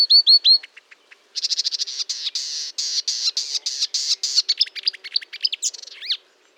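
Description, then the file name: Marsh warbler song, loud: opening clear whistled notes, then a long buzzy trill section and a tumble of varied downslurred chirps. Recorded 1 June 2022 at 10:55, Fontaine-Française (Fourneau), France; Nagra recorder with Telinga. "Rousserolle verderolle 1055 Fontaine-Francaise-Fourneau"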